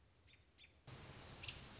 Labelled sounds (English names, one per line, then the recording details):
American Robin
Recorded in Sonoma County, California